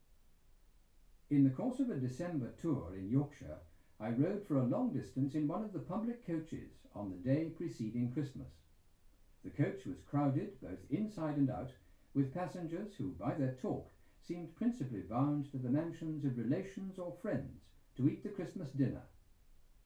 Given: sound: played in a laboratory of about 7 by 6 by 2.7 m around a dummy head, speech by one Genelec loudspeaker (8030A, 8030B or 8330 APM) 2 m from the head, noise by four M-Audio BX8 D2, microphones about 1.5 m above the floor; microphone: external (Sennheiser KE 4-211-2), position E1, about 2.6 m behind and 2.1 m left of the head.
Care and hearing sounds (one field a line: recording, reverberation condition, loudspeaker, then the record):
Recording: male speech in English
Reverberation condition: low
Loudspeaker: 150 degrees to the left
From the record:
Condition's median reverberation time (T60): about 310 ms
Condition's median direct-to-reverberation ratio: about 3.5 dB